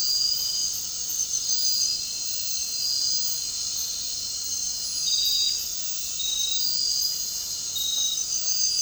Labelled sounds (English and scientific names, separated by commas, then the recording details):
none
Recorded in dense forest near Puerto Asís, Putumayo, Colombia, on 8 March 2025 at 22:00
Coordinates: 0.467, -76.328
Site G041